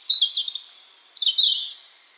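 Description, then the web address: European robin song: warbling notes, then a pure high sustained whistle, then a short glittering descending trill. "Deverinetal 2025 File origin Bird Only Er Ru"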